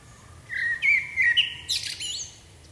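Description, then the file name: Common blackbird song phrase: a short, low whistled warble that ends in a burst of high, scratchy twittering, then silence. "Turdus merula"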